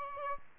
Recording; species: mosquito wingbeat signal from an infrared sensor; Aedes albopictus